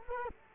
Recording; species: mosquito wingbeat signal from an infrared sensor; Culex quinquefasciatus